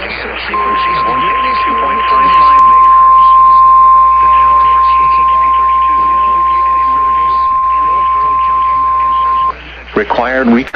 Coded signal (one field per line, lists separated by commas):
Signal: Emergency Alert System (SAME) tones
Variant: 1050 Hz attention tone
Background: speech